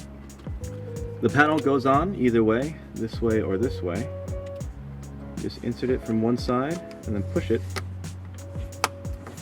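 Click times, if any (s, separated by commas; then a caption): 8.8 s. A plastic light lens panel is inserted from one side and pushed into the interior light housing of a 2nd-generation 2009–2016 Land Rover LR4 during an LED interior light install, while someone talks over background music. A sharp snap at 8.8 s marks the panel seating and locking into place.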